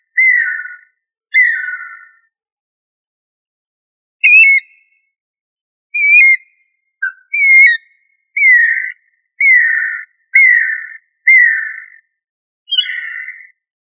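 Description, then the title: Bird song of clear whistled notes, some slurred and warbled, given in short phrases with pauses, the later phrases coming about once a second; no other sounds. "LuckyPassaro Completos2Sama"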